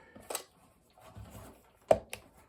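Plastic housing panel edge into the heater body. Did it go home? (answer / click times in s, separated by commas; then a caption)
yes / 1.9 s, 2.1 s. While reassembling an Amazon Basics 500W ceramic space heater, the edge of the plastic housing panel is pressed into its slot in the heater body, with brief handling noises early on. Two sharp clicks follow at 1.9 s and 2.1 s as the edge snaps into place, and the panel is confirmed seated.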